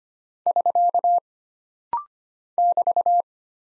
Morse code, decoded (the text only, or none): <SK> <BT>